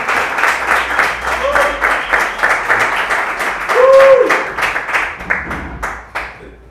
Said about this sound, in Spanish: Un aplauso para él.